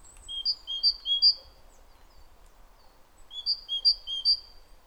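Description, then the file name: Great tit giving bright two-note whistled phrases, repeated three times in a quick run, a pause, then another run of three. "Parus major"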